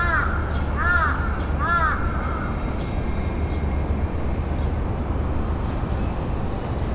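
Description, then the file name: Raven giving three harsh caws in the first two seconds over steady low rumbling noise. "rabe"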